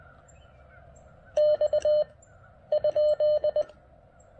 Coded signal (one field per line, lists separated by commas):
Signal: Morse code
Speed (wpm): 20 wpm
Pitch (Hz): 600 Hz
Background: none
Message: X ?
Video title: Let's check out the Xiegu G106 by taking it on a POTA activation!